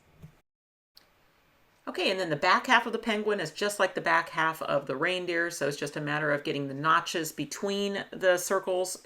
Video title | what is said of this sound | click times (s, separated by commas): Cardmaking with Dies: Crafty Christmas Card with Reindeer and Penguin | and then just pull it through until it clicks | 1.0 s